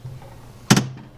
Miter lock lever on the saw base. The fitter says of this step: Yep. All we're going to do is push that down, and it should lock into place on, what do we have it at?